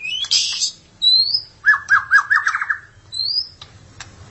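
Magpie-robin or shama song: bright whistles, a quick series of rapid notes, then another rising whistle and clicks.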